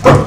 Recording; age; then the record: pig call; growing-finishing pig (85 days or more)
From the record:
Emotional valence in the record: positive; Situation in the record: run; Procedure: transit